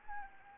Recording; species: mosquito wingbeat signal from an infrared sensor; Anopheles arabiensis